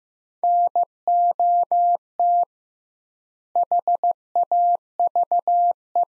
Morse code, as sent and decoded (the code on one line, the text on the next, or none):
-. --- - / .... .- ...- .
NOT HAVE